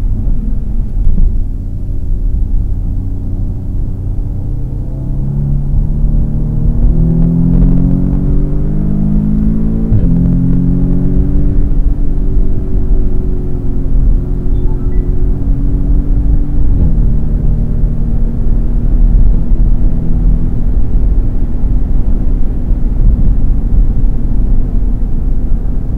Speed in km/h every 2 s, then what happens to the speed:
70, 72, 85, 107, 132, 145, 140, 142, 152, 160, 162, 157, 147.
0-9 speeds up to 145. 9-14 steady at about 142. 14-19 speeds up to 162. 19-26 slows to 147.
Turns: 0-5.